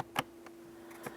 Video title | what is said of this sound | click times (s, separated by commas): How To Replace Cabin Air Filter 2006-2012 Toyota RAV4 | i heard a nice click i'm going to give it a little wiggle shake it around make sure it's secure | 0.2 s